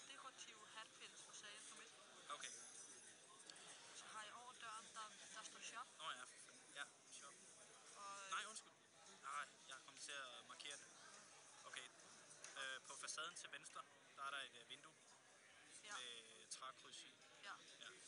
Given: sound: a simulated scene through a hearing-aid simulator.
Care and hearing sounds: conversation; cafeteria; +4 dB SNR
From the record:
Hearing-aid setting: IV (slow-acting compression, loudness normalization); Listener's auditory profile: C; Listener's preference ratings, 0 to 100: 19, 29, 10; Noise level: 65 dB SPL

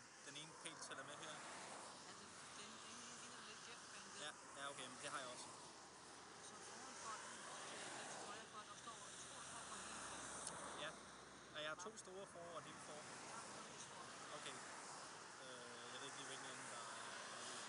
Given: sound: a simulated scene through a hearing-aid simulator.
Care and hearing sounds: conversation; traffic; -4 dB SNR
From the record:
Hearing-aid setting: IV (slow-acting compression, loudness normalization); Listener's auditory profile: D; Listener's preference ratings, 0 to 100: 20, 69, 60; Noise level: 75 dB SPL

